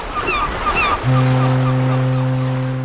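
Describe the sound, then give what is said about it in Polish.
A ship's horn sounds one long, deep, steady blast with strong harmonics as the vessel enters port, starting about a second in over a bed of background noise with faint bird-like chirps before it. “O tak, ten dźwięk statku wpływającego do portu to jest coś, co nieodłącznie kojarzy się z morzem.”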